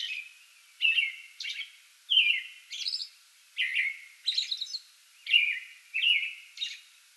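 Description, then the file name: American robin singing slurred whistled phrases with high thin squeaky additions, against a faint hiss. Pre-dawn song bout, recorded 8 May 2022. "2022-05-08 American Robin pre-dawn song bout"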